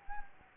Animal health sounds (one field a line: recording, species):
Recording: mosquito wingbeat signal from an infrared sensor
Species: Anopheles gambiae